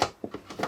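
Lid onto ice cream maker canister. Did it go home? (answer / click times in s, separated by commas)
no / none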